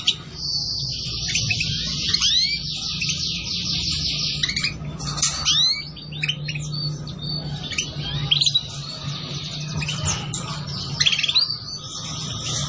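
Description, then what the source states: Canary song of long rolling high trills mixed with scattered sweeping chirps, over a constant low hum. Song used as a lure for catching birds.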